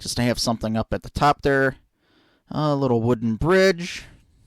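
Someone talks while handling a small plastic bridge piece, styled as wood, that is meant to be pressed onto the top of a Monster High Haunted High School toy playset. Only speech is heard, with a short quiet gap in the middle. Nothing has seated or clicked yet; the bridge is not yet home.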